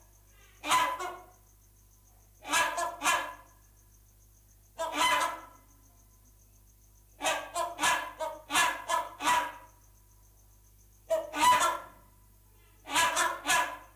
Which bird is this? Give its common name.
Rhinoceros Hornbill